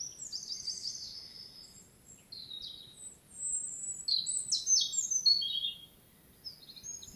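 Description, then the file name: European robin song made of varied high, silvery phrases, short slurred whistles and rapid trills, rising and falling in pitch with brief gaps. "Erithacus rubecula"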